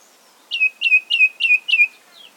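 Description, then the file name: Ashy tit call: five clear, evenly spaced notes, each dropping sharply then holding a short steady tone, delivered in about one and a half seconds. "Golosa ptic - Pepelnaya sinica Melaniparus cinerascens"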